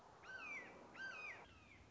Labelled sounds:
Red-shouldered Hawk
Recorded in Sonoma County, California

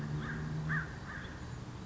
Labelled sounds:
American Crow
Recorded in Sonoma County, California

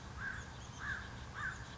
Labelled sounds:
American Crow
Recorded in Sonoma County, California

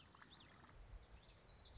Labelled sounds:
Common Yellowthroat
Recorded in Sonoma County, California

